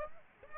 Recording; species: mosquito wingbeat signal from an infrared sensor; Aedes aegypti